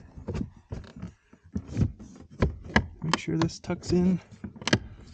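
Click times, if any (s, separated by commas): 4.7 s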